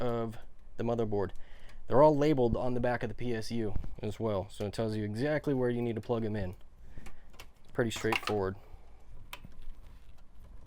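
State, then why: Seated. A plastic PC power cable connector is pushed into its socket during a computer build while someone talks. A sharp click sounds at 9.3 s as the connector seats fully, followed by a few faint ticks.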